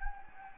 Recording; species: mosquito wingbeat signal from an infrared sensor; Anopheles gambiae